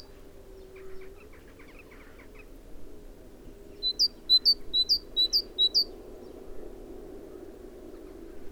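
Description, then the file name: Great tit calls: a quick burst of about eight high, sharply rising-and-falling chirps in the second half, over a low steady background hum. "Parus major"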